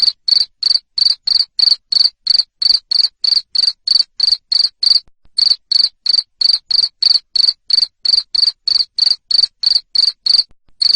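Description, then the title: Cricket chirping in quick, evenly spaced shrill bursts, pausing briefly once midway and again near the end. Loud cricket chirping used to stimulate lovebirds to sing continuously. "Suara JANGKRIK NGERIK Keras Bikin LOVEBIRD Jadi NGEKEK Terus Vubey"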